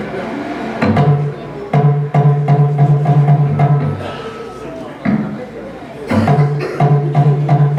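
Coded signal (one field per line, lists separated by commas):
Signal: talking drum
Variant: Kalabari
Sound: rapid sharp drum strokes in phrases over a sustained low pitched tone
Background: crowd, possible voices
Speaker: So our king is going to come out here, and when he calls your compound, when the drum sounds, and he calls your compound, you better come and say present.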